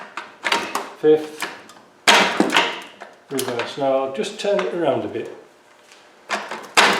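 Someone talks while handling the reverse gear selector of an LT77 gearbox after its reverse stop has been adjusted, with short knocks and handling sounds throughout. The selector has not yet been forced past the reverse stop detent into reverse, and nothing has seated or clicked yet.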